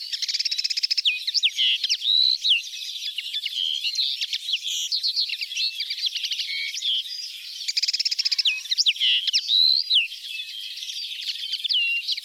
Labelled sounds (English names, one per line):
Common Linnet song